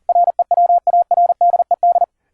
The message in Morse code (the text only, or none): REWARDED